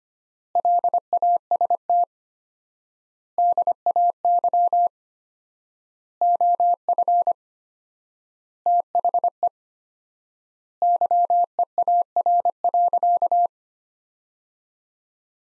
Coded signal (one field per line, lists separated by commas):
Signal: Morse code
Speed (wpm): 25 wpm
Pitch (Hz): 700 Hz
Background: none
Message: LAST DAY OF THE YEAR.